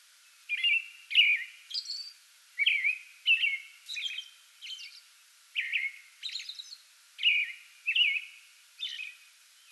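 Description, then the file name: American robin singing a steady string of warbled, liquid whistled phrases, each brief and slurred, interspersed with faint high screechy notes. Singing before dawn from a small tree in a front yard, recorded 8 May 2022. "2022-05-08 American Robin pre-dawn singing from small tree in front yard"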